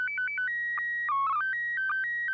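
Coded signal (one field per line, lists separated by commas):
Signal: SSTV (slow-scan television)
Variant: PD 120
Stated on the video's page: SSTV net on a 441.300 MHz FM repeater in Sacramento, CA, using MMSSTV.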